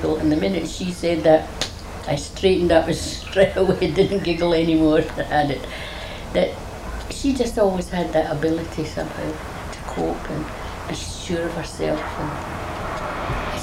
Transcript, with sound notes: And the minute she said, I straightened up straight away. I didn't giggle any more. [laughs] She just always had that ability somehow, to cope, and be sure of herself, and...